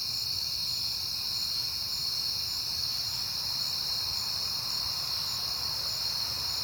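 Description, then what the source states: Crickets chirp steadily in a high chorus, with a faint low rumble in the background. Crickets on a peaceful night in September.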